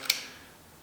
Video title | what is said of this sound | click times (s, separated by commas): You Don't Need An Expensive Pressure Washer. Here's Why: | even though you can you can tell when it's clipped in firmly you can hear the click | 0.1 s